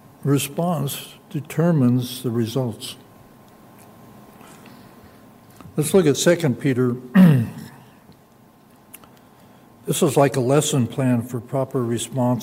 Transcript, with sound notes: response determines the results. Let's look at second Peter. [clears throat] This is like a lesson plan for proper responses.